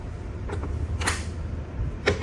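The lid of an Enem vacuum sealer with cutter is closed and pressed down on the left side and then the right, and each side's plastic latch clicks into the base at 0.6 s and 2.1 s. The lid is confirmed shut tight.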